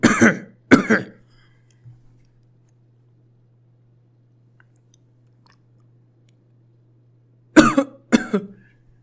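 Two pairs of short, harsh cough bursts from an adult man, the first pair at the start and the second about seven seconds later, with silence and a faint steady hum between.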